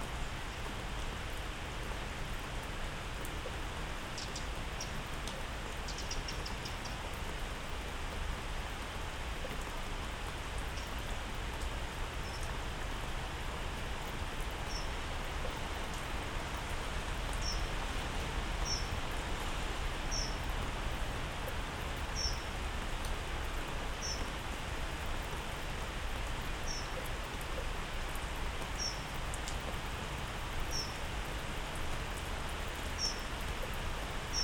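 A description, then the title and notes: Rain falls steadily in a garden, a dense, even hiss that fills the whole 34 seconds without letting up. From about ten seconds on, a short, high chirp repeats every second or two above the downpour, likely a bird calling. A stereo recording of rain in my garden.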